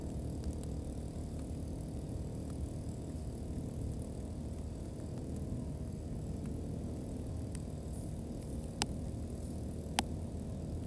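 A brush cutter's engine runs in a steady, dense drone that stays low and even for the whole stretch, with no rises or drops in speed. Brief sharp clicks break through near the end, around nine and ten seconds.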